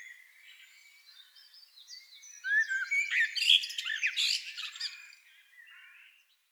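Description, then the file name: Common blackbird bursts into a loud, jumbled run of harsh chattering and squeaky notes from about two and a half to five seconds, with faint bird chirps before and after. "Turdus merula"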